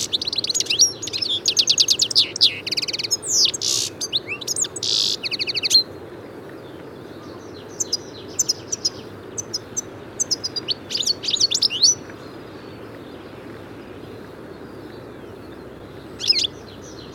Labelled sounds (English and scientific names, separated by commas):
European Goldfinch (Carduelis carduelis) song